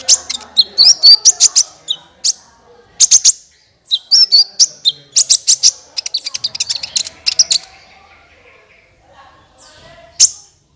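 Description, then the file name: Van Hasselt's sunbird song: long runs of rapid, very high chirps and buzzy trills, with a pause before a final sharp note. "suara kolibri ninja"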